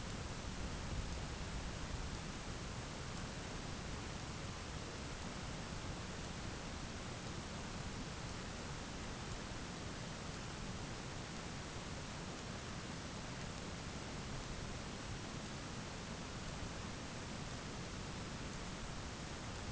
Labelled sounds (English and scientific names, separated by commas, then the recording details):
none
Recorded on Arctic tundra, site ZACK-1, on 11 June 2019
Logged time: 11:49